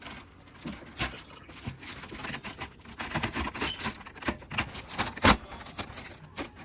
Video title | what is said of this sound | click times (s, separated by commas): XP-15000 Conversion For External Waste Tank | So we're gonna put the back in, just line it up. And it'll click into place, as you can see. | 3.2 s, 4.6 s, 5.0 s